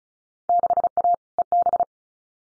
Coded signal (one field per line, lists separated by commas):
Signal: Morse code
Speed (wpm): 36 wpm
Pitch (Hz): 700 Hz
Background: none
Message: 6A EB